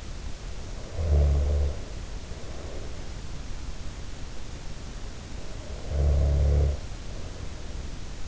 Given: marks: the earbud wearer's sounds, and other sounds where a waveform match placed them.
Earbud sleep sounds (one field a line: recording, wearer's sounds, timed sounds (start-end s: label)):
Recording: sounds in sleep by an in-ear microphone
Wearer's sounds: snoring breath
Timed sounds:
0.51-3.57 s: snoring breath
5.23-8.28 s: snoring breath